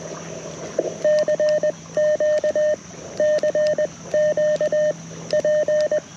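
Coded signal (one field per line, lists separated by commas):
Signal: Morse code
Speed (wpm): 20 wpm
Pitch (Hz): 610 Hz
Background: none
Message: CQ CQ P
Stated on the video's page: QRP CW Parks on the Air activation at a national forest park, operated by a creek, powered by a battery.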